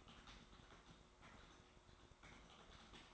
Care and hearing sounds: daily activity, microphone in the room; typing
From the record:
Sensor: 3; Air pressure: 1004.4 hPa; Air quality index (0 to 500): 196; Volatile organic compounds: 14 ppm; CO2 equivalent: 2455 ppm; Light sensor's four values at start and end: 6/16/5/6 and 6/16/5/6

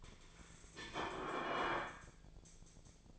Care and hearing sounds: daily activity, microphone in the room; place plate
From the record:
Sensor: 5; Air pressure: 1009.5 hPa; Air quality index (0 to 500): 168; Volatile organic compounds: 4 ppm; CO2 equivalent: 1629 ppm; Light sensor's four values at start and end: 97/257/104/110 and 97/257/104/110

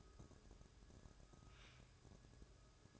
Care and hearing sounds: daily activity, microphone in the room; take from stove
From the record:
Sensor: 2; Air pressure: 1007.8 hPa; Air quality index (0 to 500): 103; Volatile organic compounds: 1 ppm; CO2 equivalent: 776 ppm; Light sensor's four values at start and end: 7/16/6/6 and 7/16/6/6

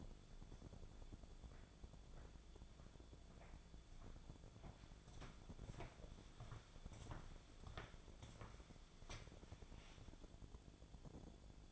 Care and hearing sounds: daily activity, microphone in the room; walk to room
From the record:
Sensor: 5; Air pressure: 1000.0 hPa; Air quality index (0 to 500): 88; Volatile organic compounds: 1 ppm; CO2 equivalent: 725 ppm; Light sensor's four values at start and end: 367/912/382/429 and 374/908/387/437

